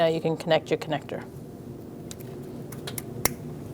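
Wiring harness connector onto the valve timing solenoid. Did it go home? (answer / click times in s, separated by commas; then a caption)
yes / 3.2 s. Someone talks, then a wiring harness electrical connector is pushed onto a new variable valve timing solenoid on a 2016-2019 Chevrolet Cruze 1.4L engine. A few faint ticks come first, then a sharp click at 3.3 s as the connector seats on the solenoid.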